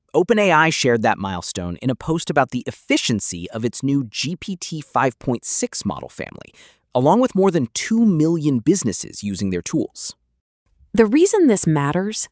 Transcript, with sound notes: OpenAI shared that milestone in a post about the efficiency of its new GPT-5.6 model family, along with more than 2 million businesses using their tools.
[with emphasis] The reason this matters: